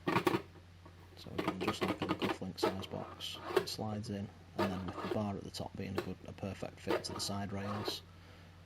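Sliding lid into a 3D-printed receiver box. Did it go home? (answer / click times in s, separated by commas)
no / none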